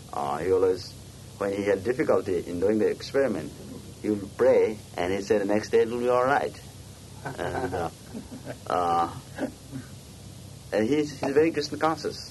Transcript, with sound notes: he always, when he had difficulty in doing the experiment, he would pray, and he said the next day it will be all right. [laughter] And, and he is very Kṛṣṇa conscious.